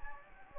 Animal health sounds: mosquito wingbeat signal from an infrared sensor; Anopheles gambiae

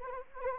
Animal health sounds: mosquito wingbeat signal from an infrared sensor; Anopheles arabiensis

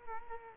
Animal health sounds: mosquito wingbeat signal from an infrared sensor; Culex quinquefasciatus

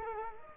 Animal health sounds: mosquito wingbeat signal from an infrared sensor; Culex quinquefasciatus

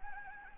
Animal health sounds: mosquito wingbeat signal from an infrared sensor; Anopheles gambiae

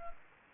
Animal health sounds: mosquito wingbeat signal from an infrared sensor; Anopheles gambiae

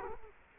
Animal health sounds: mosquito wingbeat signal from an infrared sensor; Culex quinquefasciatus

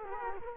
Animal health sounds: mosquito wingbeat signal from an infrared sensor; Culex quinquefasciatus

